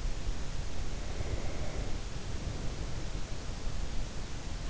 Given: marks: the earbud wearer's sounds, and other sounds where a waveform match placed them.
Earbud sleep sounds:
sounds in sleep by an in-ear microphone; breath
0.58-4.09 s: breath

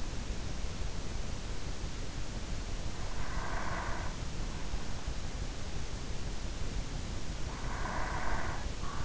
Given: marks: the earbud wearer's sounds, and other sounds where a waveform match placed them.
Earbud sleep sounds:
sounds in sleep by an in-ear microphone; breath
3.02-4.65 s: breath
7.28-9.05 s: breath

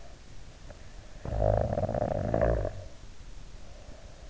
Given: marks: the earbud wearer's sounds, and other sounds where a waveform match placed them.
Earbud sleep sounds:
sounds in sleep by an in-ear microphone; snoring breath
0.79-3.95 s: snoring breath

